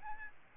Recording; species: mosquito wingbeat signal from an infrared sensor; Aedes albopictus